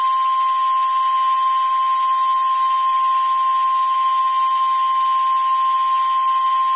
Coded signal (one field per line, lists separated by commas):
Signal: Emergency Alert System (SAME) tones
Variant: 1050 Hz attention tone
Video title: TX SVR EAS #574 (3/26/23)